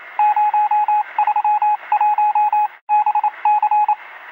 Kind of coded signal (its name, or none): Morse code